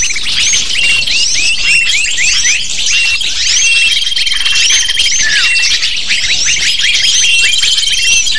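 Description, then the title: Lovebird flock chatter: constant overlapping high, sharp chirps and twittering squeaks without pause, with faint steady whistle-like tones in the background. Lovebird calls used as a lure (pikat) to attract lovebirds. "PIKAT BURUNG LOVEBIRD"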